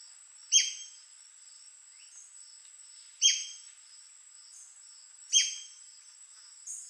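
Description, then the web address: White-crested spadebill repeating a harsh, abrupt squeak every two to three seconds, with soft background chirps and a steady high hum. "sound White-crested-spadebill. دانلود-صدای-پرنده-بیلچه-نوک-کاکل-سفید"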